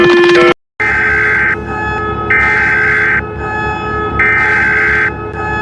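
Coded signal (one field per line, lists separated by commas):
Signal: Emergency Alert System (SAME) tones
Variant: header bursts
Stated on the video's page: Animated EAS alarms.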